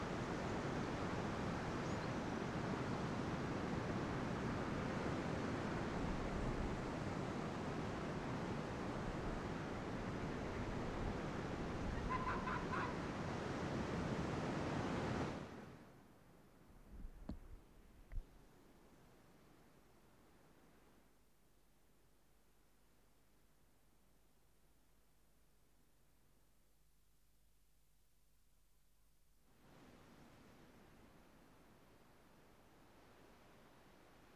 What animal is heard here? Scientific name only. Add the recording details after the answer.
Vulpes lagopus. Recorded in the wild. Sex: diverse. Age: diverse. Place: Insel Mednyi, Kommandeur-Inseln, RU. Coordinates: 54.5167, 168.083. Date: 1999-07-21 16:33. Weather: oberhalb 100 m Nebel, 10,4°C, Ostwind. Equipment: Sony WM-D6C, Sennheiser MKH 70, Windkorb, Kopie Tascam DA 30. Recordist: Frommolt, Karl-Heinz